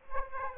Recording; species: mosquito wingbeat signal from an infrared sensor; Aedes aegypti